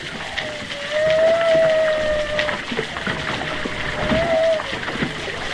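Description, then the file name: Humpback whale calls underwater: a drawn-out tonal moan and a shorter one, both rising slightly then falling, about three seconds apart, over choppy water noise. Underwater, distant whale, east Australia, August, choppy water with movement. "zapsplat animals whales humpback underwater distant east australia august choppy water movement"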